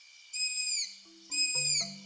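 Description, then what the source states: Striped owl calling with two high, thin whistled notes that slide slightly downward, about a second apart, over low sustained instrumental tones. Tropical forests from southern Mexico to Argentina; repertoire of deep hoots, eerie shrieks and varied calls.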